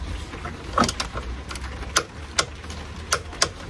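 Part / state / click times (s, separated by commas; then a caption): torque wrench tightening the fill plug into the automatic gearbox casing / torque reached / 3.4 s. A torque wrench on an extension, set to 35 Nm, tightens a new Jaguar Land Rover metal fill plug into the top of the automatic gearbox casing on a Land Rover Discovery Sport (L550). Sharp metallic ticks sound at about 0.8, 0.9, 2.0, 2.4 and 3.1 seconds, possibly ratcheting, over a low steady hum. The wrench clicks at 3.4 seconds, confirming the plug is torqued to setting.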